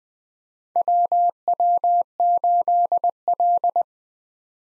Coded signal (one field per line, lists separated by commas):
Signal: Morse code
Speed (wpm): 20 wpm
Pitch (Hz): 700 Hz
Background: none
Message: WW8L